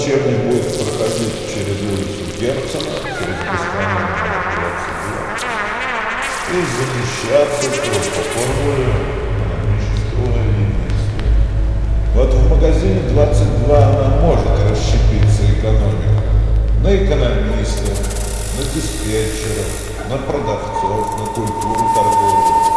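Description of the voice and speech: Adult man with schizophrenia speaking Russian in continuous sentences that are grammatically correct but completely meaningless in content: schizophasia (word salad).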